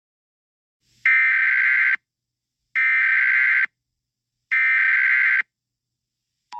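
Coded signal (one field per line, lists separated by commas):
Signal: Emergency Alert System (SAME) tones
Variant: header bursts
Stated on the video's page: Fictional scenario alert.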